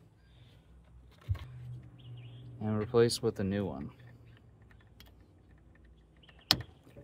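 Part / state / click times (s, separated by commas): turn signal bulb into bulb socket / seated / 6.5 s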